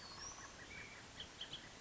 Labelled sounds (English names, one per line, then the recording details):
Bullock's Oriole
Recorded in Sonoma County, California